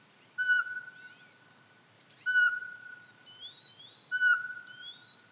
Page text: Jelmer Poelstra - Воробьиный сычик (Glaucidium passerinum)